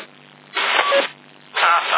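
A strange beep from a CB radio: two half-second bursts of hissy, band-limited static with faint warbling tones inside, separated by a quiet stretch with a low hum.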